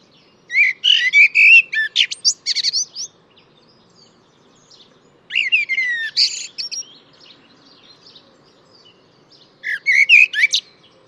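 Bird delivers fast jumbled phrases of high chirps and whistles, three bursts separated by quiet gaps, a faint low hum beneath.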